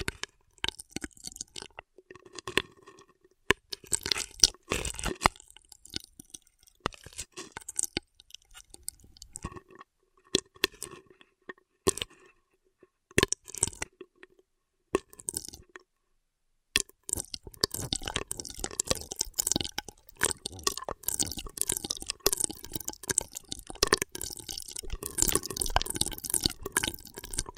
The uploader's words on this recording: ASMR Beat Your Immunity with Intense Straw Triggers (No Talking).